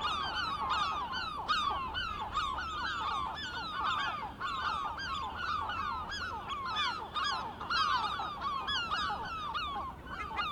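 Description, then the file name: Gull chorus, loud and relentless: many harsh, descending screams packed tightly together throughout. Several gulls, recorded 23 May 2004. "Mouettes 040523"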